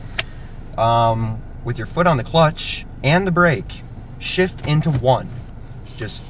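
A handbrake lever with a ratchet in a car's center console is released: the driver presses the button on the lever and pushes it down, and a single sharp ratchet tick is heard at 0.2 s. Right after, someone talks.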